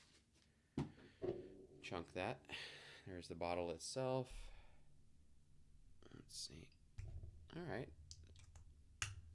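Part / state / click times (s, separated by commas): cap onto perfume bottle / seated / 9.0 s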